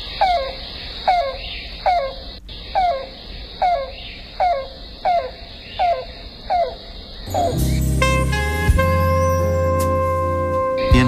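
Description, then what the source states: Yellow-billed Cuckoo cooing: soft, low, downslurred notes repeated steadily several times, before other sounds take over. Soft, repeated cooing sound made by both males and females; may be given any time, night or day.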